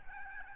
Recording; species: mosquito wingbeat signal from an infrared sensor; Aedes albopictus